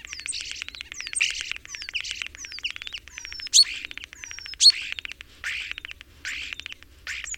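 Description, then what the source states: Common starling singing a varied jumble of buzzy chatter, rattling trills and thin descending whistles, punctuated by two sharp high clicks midway. Bird common in Estonia.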